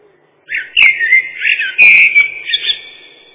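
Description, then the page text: Common blackbird song, a short burst of mellow, fluting whistled notes with some warbling twists, starting after half a second of quiet. Song described as mournful fluting whistles. "Черный дрозд — Turdus merula"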